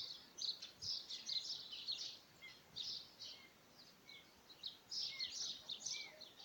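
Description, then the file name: Birds singing: high, thin twittering chatter in irregular bursts with a few short whistled notes, over a steady background hiss. "Voegel"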